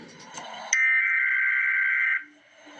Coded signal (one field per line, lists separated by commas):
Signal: Emergency Alert System (SAME) tones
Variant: header bursts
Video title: Emergency Alert System - Wind Advisory - Mar 14, 2025 at 1:02 PM EDT